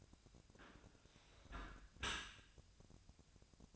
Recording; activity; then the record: daily activity, microphone in the room; close dishwasher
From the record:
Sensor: 2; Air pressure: 1003.0 hPa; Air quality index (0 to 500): 197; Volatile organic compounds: 6 ppm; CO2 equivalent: 1871 ppm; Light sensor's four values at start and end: 24/57/25/28 and 24/57/25/28